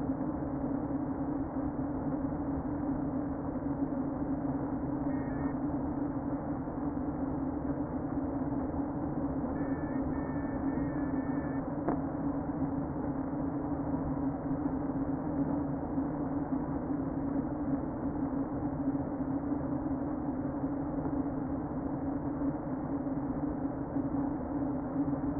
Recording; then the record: honeybee colony, microphone inside the hive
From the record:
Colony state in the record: queen present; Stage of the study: before two queens were removed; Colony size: about 60,000 bees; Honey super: yes